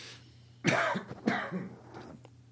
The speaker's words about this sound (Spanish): ¿Estás ahí con un poquito tos? Me ha atragantado un poquillo.